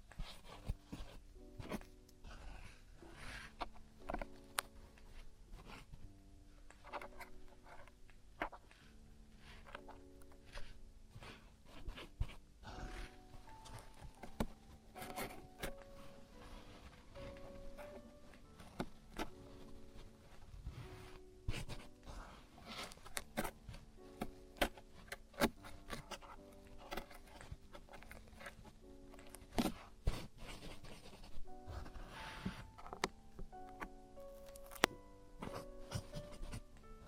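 Traditional Chinese ear cleaning, with frequent sharp scratches, clicks and rustles coming in irregular bursts for the whole 37 seconds. Beneath them, a faint steady hum and soft murmuring tones carry on without pause.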